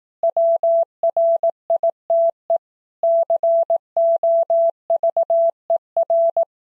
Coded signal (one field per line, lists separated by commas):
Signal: Morse code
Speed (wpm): 18 wpm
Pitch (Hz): 670 Hz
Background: none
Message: WRITE COVER